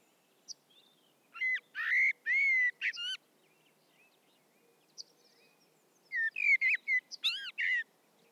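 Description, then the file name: Common blackbird singing mellow, fluty warbled phrases that end in squeaky high twitters, two phrases separated by a pause, with a few faint high notes. "Turdus merula"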